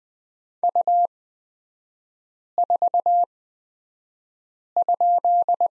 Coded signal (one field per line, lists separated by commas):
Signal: Morse code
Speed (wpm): 20 wpm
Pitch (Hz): 700 Hz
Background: none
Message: U4?